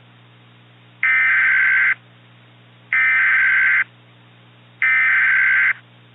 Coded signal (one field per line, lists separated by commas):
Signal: Emergency Alert System (SAME) tones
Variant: header bursts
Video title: NAILED IN- EAS SCENARIO/ANALOG HORROR